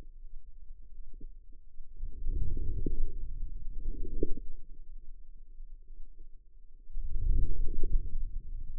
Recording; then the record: forearm muscle sounds (acoustic myography)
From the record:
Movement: outward rotation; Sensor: system 2, bracelet of six BSWA MPA416 microphones around the upper forearm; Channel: 6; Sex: female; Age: 25 years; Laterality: right